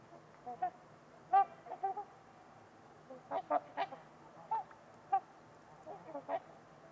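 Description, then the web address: Trumpeter swan calls, short horn-like honks repeated irregularly, sometimes two or three in quick succession, over a soft constant background. Trumpeter swans at Winters Lake on a winter evening, in a deep, quiet valley with distant white noise. "Wind-is-the-Original-Radio-Fridays Nick-Mc Mahan Winters-Lake-with-Swan. Trumpeter Swans on a Winter's Eve"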